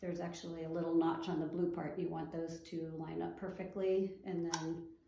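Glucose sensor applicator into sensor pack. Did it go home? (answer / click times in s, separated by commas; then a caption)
no / none. A plastic glucose sensor applicator is lined up by its marks with the sensor pack, ready to be pushed together. Someone talks throughout, and nothing has seated or clicked yet by the end of the clip.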